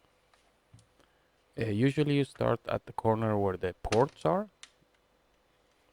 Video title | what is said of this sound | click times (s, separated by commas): Samsung Galaxy TAB T805 - 7€ FIX | as you can hear they snap open quite nicely | 0.3 s, 0.8 s, 1.0 s